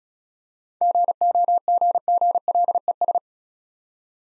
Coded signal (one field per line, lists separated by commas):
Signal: Morse code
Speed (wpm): 35 wpm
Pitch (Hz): 700 Hz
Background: none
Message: GOGGLES